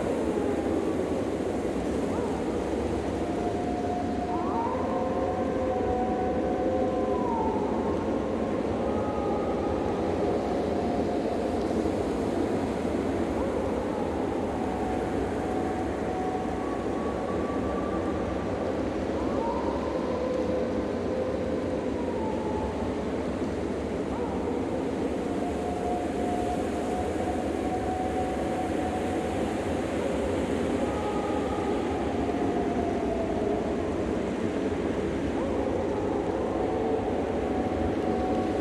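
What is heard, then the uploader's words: Wind roars steadily and thickly, a deep, constant rush that never lets up. Thin wolf howls rise and glide above it every few seconds, faint and overlapping, drifting in and out behind the blowing snow. WIND and SNOW Noises with Howling WOLVES.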